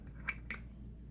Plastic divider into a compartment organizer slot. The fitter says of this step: You can even move it. It snaps right into place, and it's pretty sturdy,